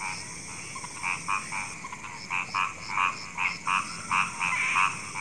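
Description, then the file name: Frog calls, short croaks repeated about once a second over a steady background hiss. Frogs calling at night. "suara kodok di malam hari"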